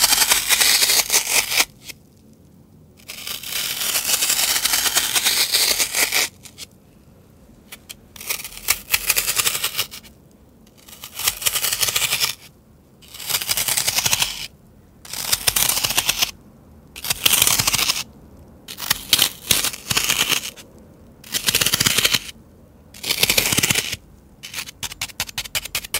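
Floral foam being crunched in repeated bursts of dense, bright crackling, each lasting a second or two, separated by short silent pauses.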